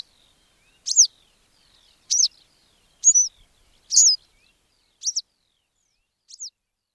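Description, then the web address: Western yellow wagtail calls, sharp high downslurred notes repeated about once a second, six calls in a quiet background. "agykontroll Madardalok Cd 3. Sárga billegető"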